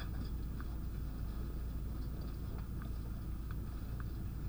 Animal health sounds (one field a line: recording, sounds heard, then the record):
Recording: poultry house recording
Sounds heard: no chicken sound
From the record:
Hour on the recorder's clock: 0